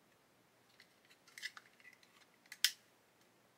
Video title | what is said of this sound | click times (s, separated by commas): Das Werk 1/35 8.8cm Flak auf 9t VOMAG build. Part Eight | You can hear it kind of click into place to make sure it's in the right position. | 2.6 s